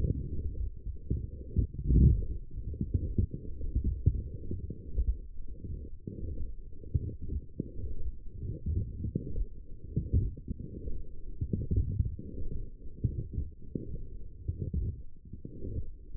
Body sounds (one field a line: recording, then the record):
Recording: forearm muscle sounds (acoustic myography)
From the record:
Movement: forearm supination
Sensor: system 1, eight BSWA MPA416 microphones around the upper forearm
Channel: 7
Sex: female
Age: 20 years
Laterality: right